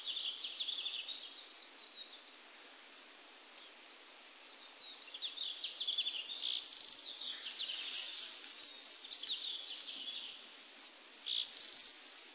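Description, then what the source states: Willow tit calling, nasal buzzy notes given in loose series with brief high chips, over constant background hiss. Recorded 12 April 1998.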